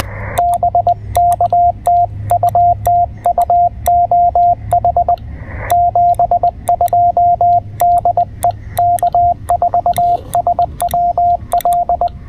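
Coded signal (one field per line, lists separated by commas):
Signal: Morse code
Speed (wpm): 20 wpm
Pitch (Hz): 690 Hz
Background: radio noise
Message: BK TU TU OH 72 DE K4SWL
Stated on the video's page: CW from a Parks on the Air activation: Penntek TR-45L, CW Morse double paddle, 30m end-fed half-wave antenna; QRP field station.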